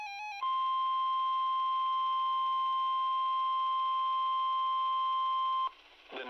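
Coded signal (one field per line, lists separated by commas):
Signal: Emergency Alert System (SAME) tones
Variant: 1050 Hz attention tone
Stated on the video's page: Severe thunderstorm warning from NOAA weather radio station WXJ87, Madison, Wisconsin.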